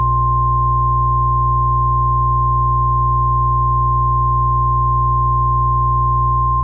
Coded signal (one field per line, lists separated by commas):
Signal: Emergency Alert System (SAME) tones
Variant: 1050 Hz attention tone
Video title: EAS Mock 21: Bloxy District Tsunami Drill